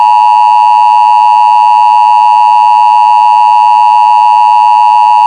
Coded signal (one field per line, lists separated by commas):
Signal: Emergency Alert System (SAME) tones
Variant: 853 and 960 Hz attention tone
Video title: EAS Mock: Immediate Evacuation